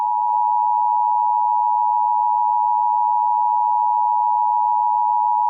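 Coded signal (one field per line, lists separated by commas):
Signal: Emergency Alert System (SAME) tones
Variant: 853 and 960 Hz attention tone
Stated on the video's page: Fictional scenario, remastered.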